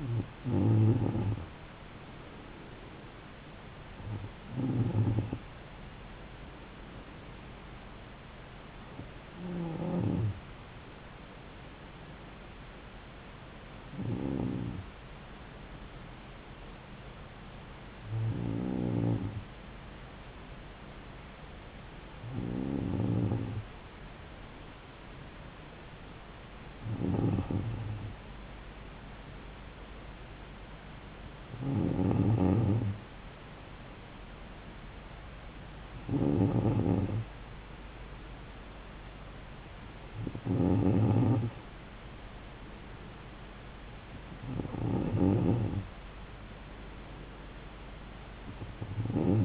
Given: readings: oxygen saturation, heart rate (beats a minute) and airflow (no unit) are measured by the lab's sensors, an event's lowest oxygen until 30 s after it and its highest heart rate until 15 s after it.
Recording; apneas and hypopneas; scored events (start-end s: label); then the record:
breathing in sleep by a voice recorder at the bedside; none
none scored
From the record:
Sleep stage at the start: N2 (light sleep); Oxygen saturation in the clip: 93 to 94%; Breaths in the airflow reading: 11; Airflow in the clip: -3.2 to 4.2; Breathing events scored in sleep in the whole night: 270 in 6.1 hours asleep